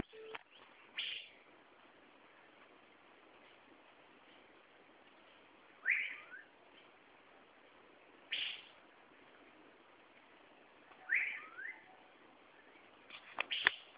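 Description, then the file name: Asian fairy-bluebird calling with several liquid whistled notes, given singly a few seconds apart against quiet background hiss. "Irene Puella Calls"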